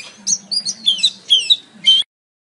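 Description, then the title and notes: Oriental magpie-robin giving a short string of several whistled and chirped notes, some slurred downward, then silence, with a faint low hum beneath. "Kicau Kacer. kiccau"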